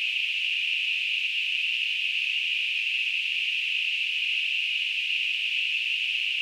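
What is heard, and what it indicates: A steady, unbroken high-pitched hiss, centred in a narrow band around 2 to 3 kHz, holds at an even level throughout. It is a simulated tinnitus sound, recreating the constant hissing noise a person with tinnitus hears.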